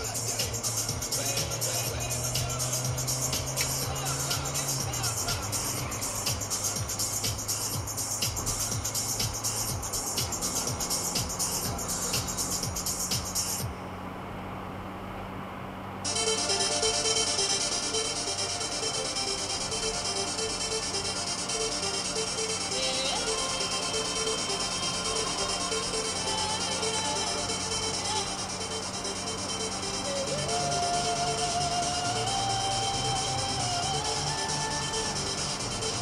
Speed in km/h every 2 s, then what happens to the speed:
82, 92, 95, 101, 103, 106, 110, 113, 109, 107, 107, 105, 106, 110, 113, 114, 111, 116.
0-13 speeds up to 113. 13-24 steady at about 107. 24-36 speeds up to 116.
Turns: none.